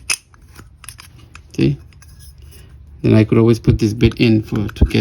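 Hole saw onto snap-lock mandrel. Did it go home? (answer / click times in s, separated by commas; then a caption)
yes / 0.1 s. A Diablo 4 in. bi-metal hole saw is snapped onto its SnapLock Plus mandrel, with a sharp metallic click at 0.1 s as it seats, followed by a few faint small clicks and handling sounds. Someone then briefly talks and continues talking from about 3 seconds on.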